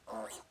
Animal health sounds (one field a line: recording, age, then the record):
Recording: pig call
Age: piglet (1 to 25 days)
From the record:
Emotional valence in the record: negative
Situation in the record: restrain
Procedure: back test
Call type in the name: low-frequency call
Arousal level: low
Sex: female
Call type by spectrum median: low-frequency call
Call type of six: low-frequency stable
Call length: 0.51 s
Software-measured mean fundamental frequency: 59 Hz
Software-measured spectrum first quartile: 645 Hz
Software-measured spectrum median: 1320 Hz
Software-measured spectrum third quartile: 6342 Hz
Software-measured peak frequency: 658 Hz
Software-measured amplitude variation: 150 dB a second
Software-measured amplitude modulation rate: 13.8 a second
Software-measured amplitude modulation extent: 10.9 dB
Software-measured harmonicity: 1.5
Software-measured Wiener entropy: -2.45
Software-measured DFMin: 1343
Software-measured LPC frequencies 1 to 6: 645, 1095, 1857, 3071, 3883, 5273 Hz